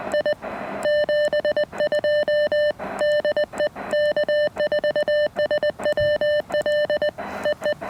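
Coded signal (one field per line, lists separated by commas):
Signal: Morse code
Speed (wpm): 20 wpm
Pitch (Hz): 600 Hz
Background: none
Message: I 72 DE K4SWL EE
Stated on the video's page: QRP park activation on an Elecraft KX1 keyed with a TP-III paddle, using an end-fed random wire antenna and battery power, in 28° weather.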